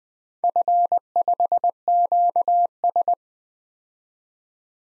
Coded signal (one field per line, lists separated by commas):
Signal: Morse code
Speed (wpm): 20 wpm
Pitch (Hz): 700 Hz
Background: none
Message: F5QS